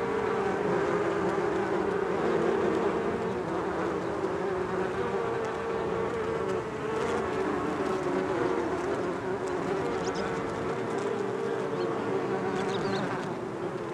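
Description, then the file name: Bees droning throughout, a constant layered hum with gently wavering pitch. "benboncan bees"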